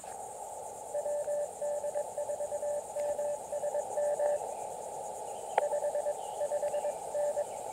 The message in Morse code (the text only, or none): WD4MSM 55N